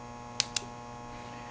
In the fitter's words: you hear that click that's a good sound that means you have a good connector